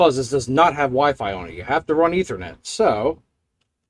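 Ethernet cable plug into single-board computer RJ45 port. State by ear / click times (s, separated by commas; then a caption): not seated / none. Someone talks while an RJ45 Ethernet cable plug is handled toward the Ethernet port of an Orange Pi 5 single-board computer, which needs a wired connection because it has no Wi-Fi. The plug has not yet clicked into the port, and nothing has seated when the clip ends in near silence.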